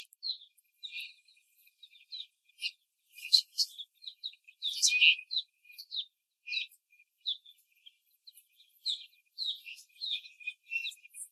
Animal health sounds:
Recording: young laying hens in a cage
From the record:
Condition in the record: before the stressor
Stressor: simulated dog barking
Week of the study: 1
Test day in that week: 2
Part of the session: 1

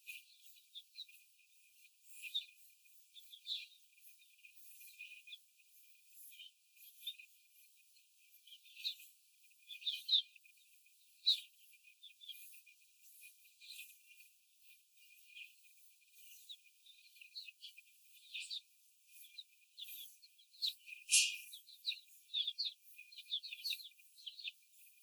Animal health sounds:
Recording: young laying hens in a cage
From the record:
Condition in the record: before the stressor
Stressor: simulated dog barking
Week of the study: 4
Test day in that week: 1

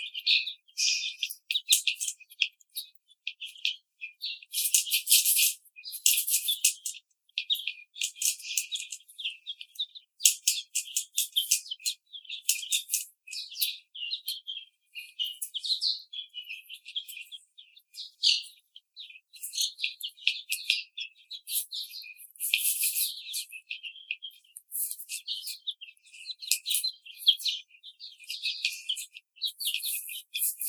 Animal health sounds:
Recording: young laying hens in a cage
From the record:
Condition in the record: treatment cage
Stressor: simulated dog barking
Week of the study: 5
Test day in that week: 1

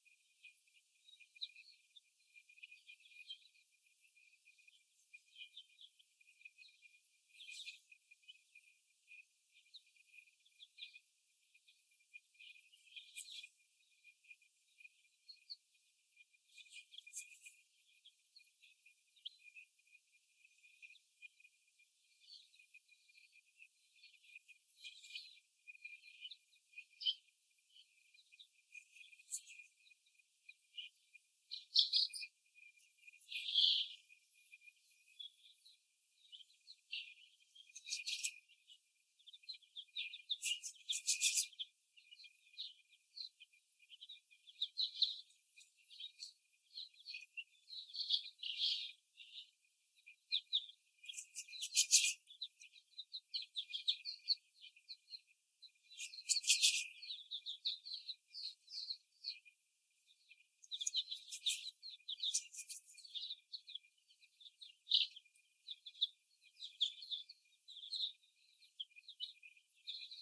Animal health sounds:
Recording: young laying hens in a cage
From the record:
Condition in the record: before the stressor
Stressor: simulated dog barking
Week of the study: 1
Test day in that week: 1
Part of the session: 2

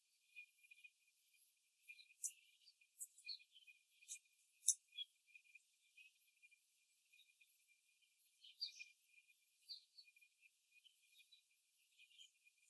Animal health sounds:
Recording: young laying hens in a cage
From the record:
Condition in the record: before the stressor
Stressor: simulated dog barking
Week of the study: 3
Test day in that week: 2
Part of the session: 3

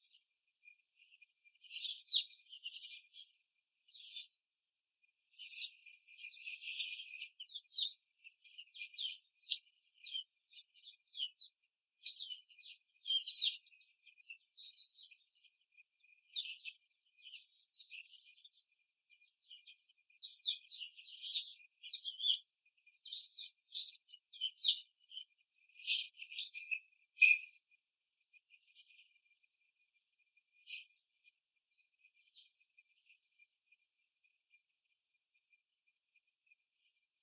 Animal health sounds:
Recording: young laying hens in a cage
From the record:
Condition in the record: before the stressor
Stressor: simulated dog barking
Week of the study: 3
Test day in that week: 1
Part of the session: 1

